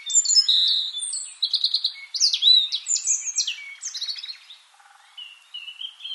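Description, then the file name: European robin song: rapid varied high phrases of thin whistles, sharp slurs and trills tumbling together, pausing briefly before a soft closing warble. "Erithacus rubecula"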